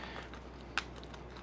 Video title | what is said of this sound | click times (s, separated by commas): Before You Buy the Magpul DAKA Grid System Watch This | Lock in the place. | 0.8 s